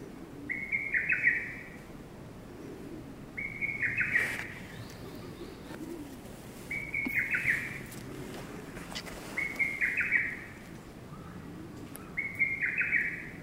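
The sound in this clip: Lesser cuckoo singing: five staccato whistled phrases of tumbling high notes, repeated roughly every three seconds.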